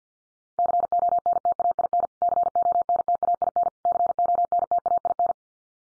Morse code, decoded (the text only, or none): CONTAIN CONTAIN CONTAIN